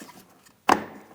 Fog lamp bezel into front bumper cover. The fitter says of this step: Audible click.